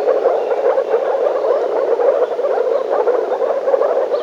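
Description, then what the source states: Frog chorus of many overlapping croaks, a constant pulsing drone with brighter individual calls standing out now and then. Frogs in a forest.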